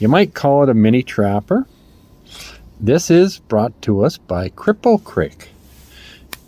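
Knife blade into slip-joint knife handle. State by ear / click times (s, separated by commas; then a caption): seated / 6.3 s. A 2019 Case Mini Trapper slip-joint pocketknife from Cripple Creek, with Deep Canyon Autumn Bone handles, has a blade worked into its handle while someone talks. The blade snaps into place under its backspring with a sharp, short click at 6.3 s, seating it fully.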